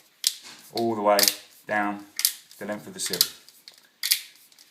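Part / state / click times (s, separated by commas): male seal strip into female receptor strip of a shower screen seal / seated / 0.3 s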